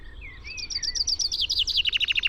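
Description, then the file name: Common chaffinch song: a few thin sliding whistles, then a fast series of notes that drops in pitch and grows louder toward the end. "Fringilla coelebs"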